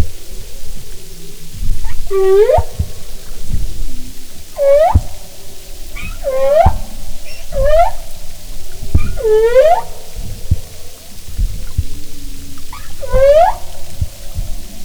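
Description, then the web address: Humpback whale calls: several sharp rising whoops with rich harmonics, repeated at irregular intervals over low underwater noise. "Marine Mammals humpback"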